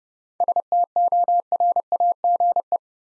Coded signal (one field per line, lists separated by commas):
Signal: Morse code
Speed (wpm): 30 wpm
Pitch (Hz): 700 Hz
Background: none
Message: STORAGE